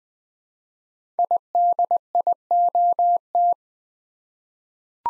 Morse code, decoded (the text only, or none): IDIOT